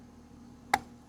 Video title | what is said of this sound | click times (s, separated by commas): How To: Jeep Gladiator 3.6L V6 Oil Change | listen for that little click right there and the filter is in and we can reinstall in the vehicle | 0.7 s